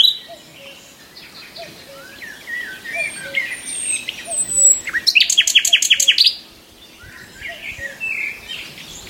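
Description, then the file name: Common nightingale song with soft low whistles, thin high notes, then a loud rapid rattling burst of clicks before quieter phrases resume. "Nachtegaal"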